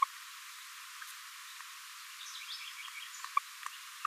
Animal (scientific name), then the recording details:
Forpus passerinus. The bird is a female. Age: 26 days. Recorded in a nest box in Venezuela. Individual 17B42A2